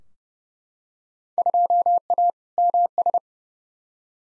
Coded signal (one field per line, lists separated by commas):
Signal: Morse code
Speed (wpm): 29 wpm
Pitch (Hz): 700 Hz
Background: none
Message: 2A MS